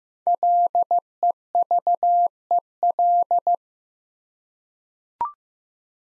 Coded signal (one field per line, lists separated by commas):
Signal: Morse code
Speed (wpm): 15 wpm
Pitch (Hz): 700 Hz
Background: none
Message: LEVEL